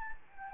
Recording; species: mosquito wingbeat signal from an infrared sensor; Anopheles gambiae